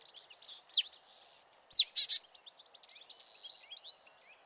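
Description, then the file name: Marsh tit call: two sharp descending notes, the second followed by two buzzy notes, with soft twittering chips throughout. "Poecile palustris"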